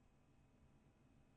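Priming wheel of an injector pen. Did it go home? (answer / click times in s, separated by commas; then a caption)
no / none. A Pfizer Genotonorm growth-hormone injector pen is being handled, with its dial wheel pressed to push the air out of the cartridge. Only a low, steady background hum is heard throughout, with no sharp transient. Nothing has clicked yet.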